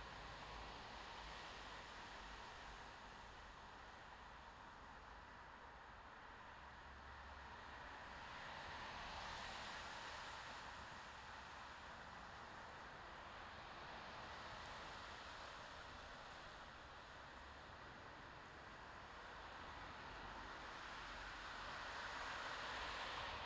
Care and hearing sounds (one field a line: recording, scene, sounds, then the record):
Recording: everyday scene through a hearing-aid microphone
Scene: in traffic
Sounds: traffic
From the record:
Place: bus stop on a city main road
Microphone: in the ear canal, left